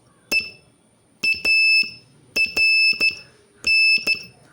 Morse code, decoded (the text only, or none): EARN